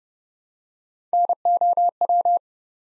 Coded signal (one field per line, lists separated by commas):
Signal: Morse code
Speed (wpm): 30 wpm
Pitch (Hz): 700 Hz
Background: none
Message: NOW